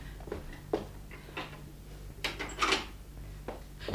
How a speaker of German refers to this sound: Wacht mal, ich schließ die Tür zu.